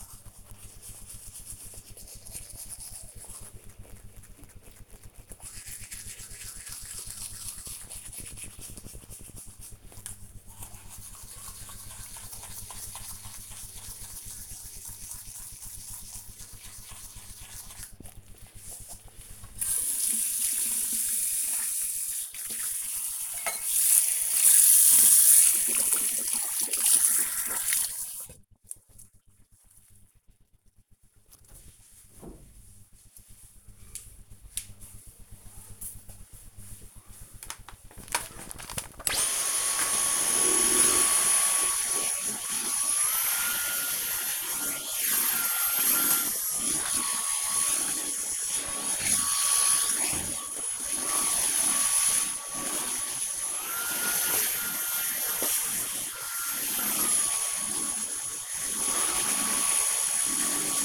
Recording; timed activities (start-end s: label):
household activities, microphone on the right wrist
0.00-29.03 s: brushing teeth
38.11-60.85 s: vacuum cleaning